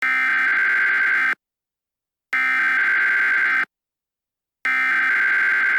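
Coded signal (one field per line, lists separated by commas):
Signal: Emergency Alert System (SAME) tones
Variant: header bursts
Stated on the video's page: Fictional EAS scenario, analog horror, not a real alert.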